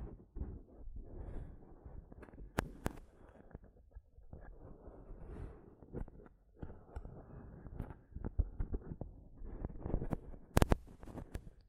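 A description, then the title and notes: Microphone tapping and scratching, a busy run of low rubbing scrapes broken by sharp taps, with loud cracks near three and eleven seconds. ASMR Mic Tapping and Scratching (No Talking).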